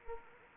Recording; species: mosquito wingbeat signal from an infrared sensor; Anopheles arabiensis